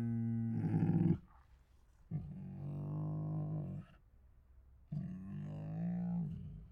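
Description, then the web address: Tiger moans, three separate low drawn-out groans, each rough and rumbling, with quiet gaps between. Hungry tiger groans, huffs, moans and snores. "Sound Ideas Tigers Sound Effects Hungry Groans, Huffs, Moans and Snores"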